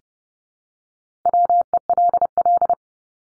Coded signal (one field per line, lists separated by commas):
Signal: Morse code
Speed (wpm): 29 wpm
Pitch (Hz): 700 Hz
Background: none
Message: WELL